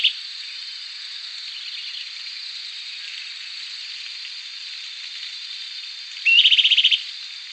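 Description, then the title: Bran-colored flycatcher call: one brief rising note and quick dry trill near the end, after several seconds of faint hiss. "LuckyPassaro Completos2Sama. Bran-colored Flycatcher (Myiophobus fasciatus)"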